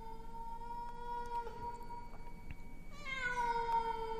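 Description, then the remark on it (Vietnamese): A cat on a roof wails in long, drawn-out tones, holding a steady mournful pitch before rising into a louder, strained yowl that bends downward. No one speaks. “Bất giác ở trên mái nhà, tiếng con mèo hồi nãy lại vang lên đến não lòng, réo rắt làm cho Nguyệt lạnh gáy.”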